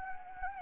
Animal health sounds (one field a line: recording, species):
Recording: mosquito wingbeat signal from an infrared sensor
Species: Anopheles gambiae